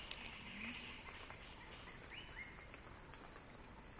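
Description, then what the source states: Cicada song, a constant shrill buzzing tone, joined by a couple of short rising chirps and a soft low call. Cicada song building in a crescendo.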